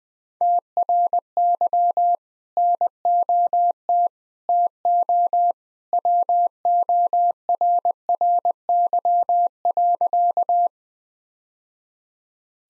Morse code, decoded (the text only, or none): TRY NOT TO WORRY.